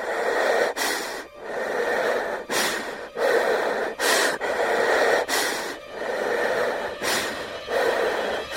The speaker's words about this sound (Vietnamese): Gần như hầu hết chỉ là im lặng. Về sau thấy ghi tiếng hít thở nặng nề.